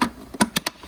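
The brake light bulb holder of a Fiat 500 is pushed back into the plastic tail lamp housing, and its plastic clips snap home to seal against moisture, with all six clips to be checked. After a brief knock at the start, three sharp clicks sound at 0.4, 0.6 and 0.7 seconds. The holder is seated.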